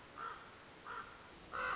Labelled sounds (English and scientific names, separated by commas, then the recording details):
Common Raven (Corvus corax)
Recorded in Sonoma County, California